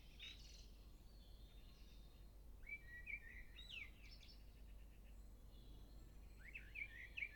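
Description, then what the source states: Nightingale song: separate phrases of clear whistles, slurred notes and short trills, with pauses between them, over a steady low rumble. Recorded in Stavanger.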